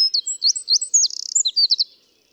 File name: Troglodytes troglodytes